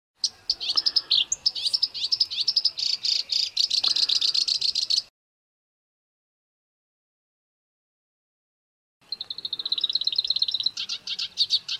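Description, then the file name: Black-browed reed warbler song, rapid high-pitched chattering phrases for about five seconds, a four-second silence, then a steadier buzzy trill resuming into scratchy notes. "suara kerakbasi alis hitam masteran"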